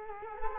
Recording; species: mosquito wingbeat signal from an infrared sensor; Culex quinquefasciatus